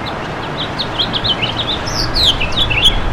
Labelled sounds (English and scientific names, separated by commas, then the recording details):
House Finch (Haemorhous mexicanus) song
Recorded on Long Island, New York, on 11 June 2012
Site HB
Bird D